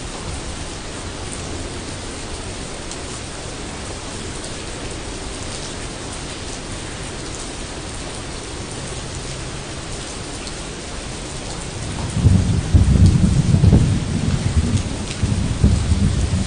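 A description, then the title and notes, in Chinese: Light rain patters steadily over leaves in a dense, even hiss, joined after twelve seconds by a louder low rumble of water or thunder. 野外细雨。这段音频捕捉到了细雨洒在树叶间、小溪声轻轻流淌的和谐画面。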